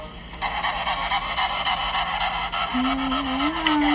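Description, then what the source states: Sugar glider noise: harsh, hissing rasps repeated rapidly in bursts. Inside a hamster cage in an apartment in Singapore, reported by residents to animal rescuers; making a lot of noise.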